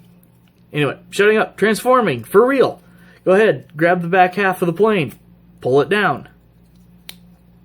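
Someone talks while handling a plastic transforming toy jet, taking hold of its rear half to pull it down into the robot's leg position. A brief sharp tick is heard near 7.1 seconds. The leg section has not clicked into place yet.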